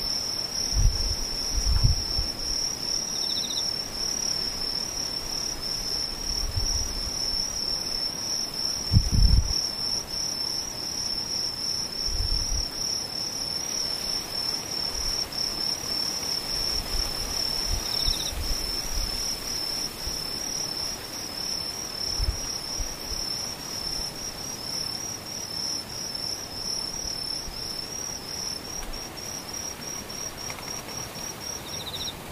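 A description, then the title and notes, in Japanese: A near-silent outdoor stretch with insects: a thin, steady high chirring of crickets runs the whole time, with a fainter, even higher whine above it. Soft, low thumps break in now and then, mostly in the first ten seconds, and once more around 22 seconds. ほぼ無音 後半ムシ。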